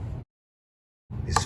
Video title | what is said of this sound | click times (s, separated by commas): Russian Malyutka Meowissile Incoming! | fins appear to be a bakelite material oh and they snap right in and then | 1.4 s